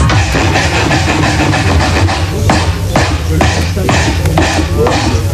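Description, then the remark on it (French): Someone saws through a radio with a quick run of harsh, rhythmic scraping strokes, loud and gritty over a dense, continuous noisy background. “Boris, il va scier sa radio.”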